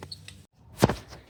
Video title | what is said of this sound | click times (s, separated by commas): My LR3 Broken on Day 1: A Land Rover Rite of Passage? | And I know it doesn't look any different, but that little thing is in there now. I heard it click. | 0.8 s